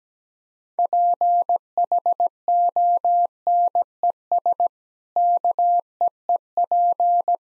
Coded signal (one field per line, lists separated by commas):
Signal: Morse code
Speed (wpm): 17 wpm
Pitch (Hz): 700 Hz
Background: none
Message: PHONES KEEP